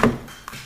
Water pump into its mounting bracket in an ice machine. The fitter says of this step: and it locks into place